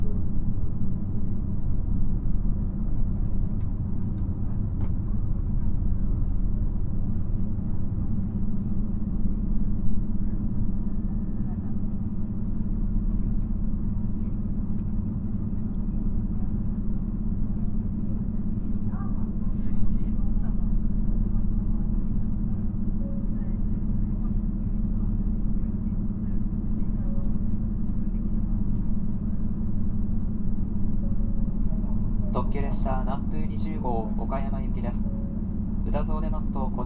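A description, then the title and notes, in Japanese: A recording made on a journey between Kotohira and Okayama: a steady, heavy low rumble of a moving vehicle fills the whole clip at an even level. Faint voices murmur underneath, a brief clatter near twenty seconds, and bright chirping tones appear toward the end. JR四国 2700系気動車 南風20号 琴平から岡山まで。四国旅客鉄道2700系気動車の走行音です。今回は１回目で、琴平発車後から宇多津発車直後までです。琴平から岡山までの区間で録音しました。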